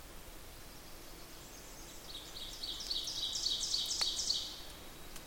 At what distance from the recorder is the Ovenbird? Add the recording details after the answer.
about 35 m. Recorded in boreal forest in Alberta, Canada, on 8 June 2016 at 07:10. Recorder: SongMeter 3, array SBT-3-9. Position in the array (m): 47 m, 103 m. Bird 33